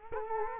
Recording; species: mosquito wingbeat signal from an infrared sensor; Culex quinquefasciatus